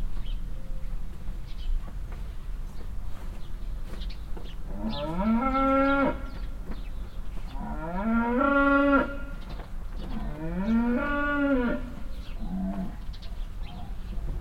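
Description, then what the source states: Cow mooing, three long rising moos in sequence with a quieter short call after, over faint birdsong and a low rumble. Farmstead beside a willow at Heiderscheid; one cow moos constantly and loudly while moving behind a bush, other cows answer more quietly; passing cars and chirping birds nearby.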